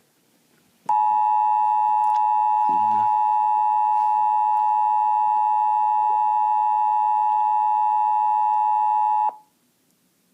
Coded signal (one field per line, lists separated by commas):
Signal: Emergency Alert System (SAME) tones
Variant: 853 and 960 Hz attention tone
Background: speech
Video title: Wow Wow Wubbzy Gets Interrupted by EAS Tornado Warning